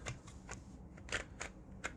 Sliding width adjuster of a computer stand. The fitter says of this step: can see that it locks into every position not not